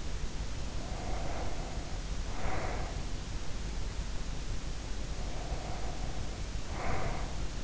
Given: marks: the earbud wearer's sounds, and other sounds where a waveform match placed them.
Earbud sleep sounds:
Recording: sounds in sleep by an in-ear microphone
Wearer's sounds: breath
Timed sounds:
0.54-3.35 s: breath
5.05-7.64 s: breath

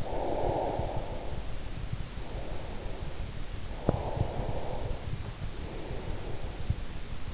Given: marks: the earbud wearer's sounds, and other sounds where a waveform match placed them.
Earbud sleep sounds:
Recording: sounds in sleep by an in-ear microphone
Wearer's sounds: breath, teeth grinding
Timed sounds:
0.00-3.29 s: breath
3.81-3.93 s: teeth grinding
3.93-6.71 s: breath

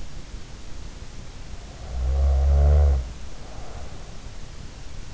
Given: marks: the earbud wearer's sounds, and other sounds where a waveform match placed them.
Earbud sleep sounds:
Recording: sounds in sleep by an in-ear microphone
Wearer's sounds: snoring breath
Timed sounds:
1.58-3.98 s: snoring breath

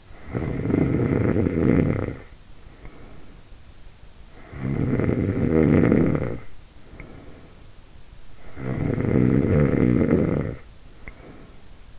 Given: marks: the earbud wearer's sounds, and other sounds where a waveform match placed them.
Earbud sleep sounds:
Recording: sounds in sleep by an in-ear microphone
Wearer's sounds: snoring breath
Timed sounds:
0.00-3.54 s: snoring breath
4.28-7.71 s: snoring breath
8.39-11.99 s: snoring breath

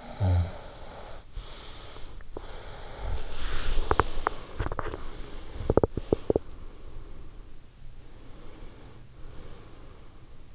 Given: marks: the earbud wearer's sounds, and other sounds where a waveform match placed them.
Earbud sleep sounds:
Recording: sounds in sleep by an in-ear microphone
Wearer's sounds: snoring breath, breath, body movement, teeth grinding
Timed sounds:
0.00-2.21 s: snoring breath
2.32-4.70 s: breath
3.37-5.81 s: body movement
3.71-6.67 s: teeth grinding
4.97-7.45 s: breath
8.12-10.55 s: breath

